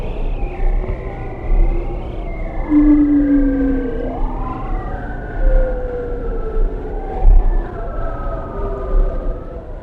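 Bearded seal trills, several long warbling tones sliding downward and some rising, overlapping one another, over a constant low rumble.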